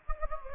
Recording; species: mosquito wingbeat signal from an infrared sensor; Anopheles gambiae